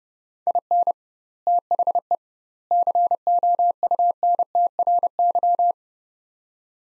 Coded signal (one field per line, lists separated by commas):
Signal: Morse code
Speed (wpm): 30 wpm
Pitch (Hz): 700 Hz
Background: none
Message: IN THE COUNTRY